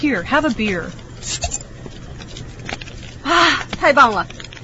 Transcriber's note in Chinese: Enter sound of beer can opening